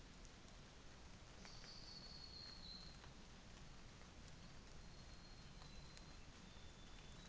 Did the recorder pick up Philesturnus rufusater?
no